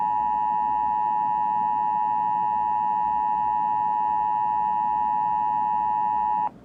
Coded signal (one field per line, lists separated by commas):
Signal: Emergency Alert System (SAME) tones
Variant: 853 and 960 Hz attention tone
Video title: funny WSCN EAS glitch on Victor reader trek